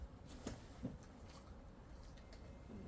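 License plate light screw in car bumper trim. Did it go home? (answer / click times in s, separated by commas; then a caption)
no / none. A driver bit turns against a rusty, seized screw on a license plate light housing in a car bumper trim, slipping in the stripped head without grabbing. Faint scraping runs under brief sharp ticks near 0.5 s and 2.3 s as the bit skids. The screw does not turn or come free, and nothing has seated or clicked yet.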